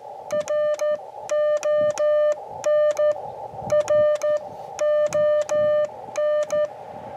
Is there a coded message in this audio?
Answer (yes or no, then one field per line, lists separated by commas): yes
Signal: Morse code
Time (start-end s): 0.3-6.7 s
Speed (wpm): 14 wpm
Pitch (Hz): 600 Hz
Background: none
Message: RON RON